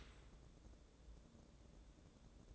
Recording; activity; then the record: daily activity, microphone in the room; open dishwasher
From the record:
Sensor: 3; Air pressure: 1012.3 hPa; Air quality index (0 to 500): 147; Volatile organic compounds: 2 ppm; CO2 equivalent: 1135 ppm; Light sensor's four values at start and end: 539/1325/546/541 and 540/1328/547/542